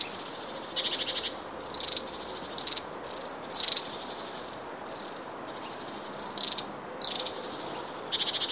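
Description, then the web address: Long-tailed tit calls: short, high, buzzy rattles repeated at irregular intervals, with a few thin high squeaks mixed in over steady background hiss. "wroblowe kolekcja raniuszek"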